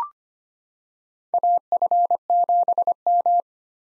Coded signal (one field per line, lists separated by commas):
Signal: Morse code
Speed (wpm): 25 wpm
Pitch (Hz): 700 Hz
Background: none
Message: AF7M